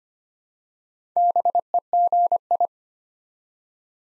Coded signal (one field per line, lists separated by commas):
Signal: Morse code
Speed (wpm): 25 wpm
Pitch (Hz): 700 Hz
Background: none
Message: BEGI